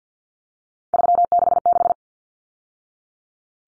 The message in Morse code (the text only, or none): 366